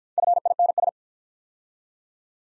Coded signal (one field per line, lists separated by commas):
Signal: Morse code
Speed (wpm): 50 wpm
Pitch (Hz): 700 Hz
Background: none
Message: FINS